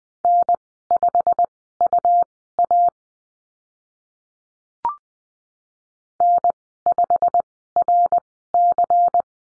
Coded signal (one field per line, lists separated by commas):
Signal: Morse code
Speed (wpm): 20 wpm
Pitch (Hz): 700 Hz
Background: none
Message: N5UA N5RC